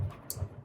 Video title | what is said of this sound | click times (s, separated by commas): How to fix noisy Miele dryer.what causes noise in Miele dryer-T8003- carbon brushes-5153702-4490382 | You hear that? When it makes that click noise, that means | 0.3 s